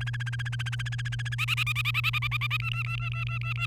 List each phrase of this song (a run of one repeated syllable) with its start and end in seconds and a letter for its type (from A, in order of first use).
0.01-1.35 A, 1.38-2.57 B, 2.60-3.66 C